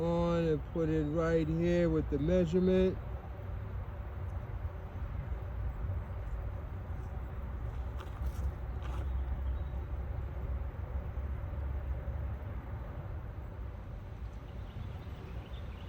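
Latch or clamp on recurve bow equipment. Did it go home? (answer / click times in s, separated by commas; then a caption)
no / none. A latch or clamp on recurve bow equipment is being handled and positioned at a set measurement while someone talks for about the first three seconds. After that, only a steady low background rumble continues to the end. Nothing has clicked or seated yet, so the latch is not yet closed.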